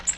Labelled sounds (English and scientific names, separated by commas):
Nashville Warbler (Leiothlypis ruficapilla) flight call